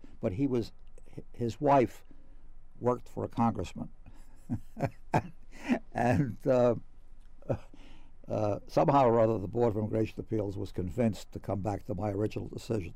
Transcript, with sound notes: But he was — his wife worked for a Congressman. [Laughs] And somehow or other the Board of Immigration Appeals was convinced to come back to my original decision.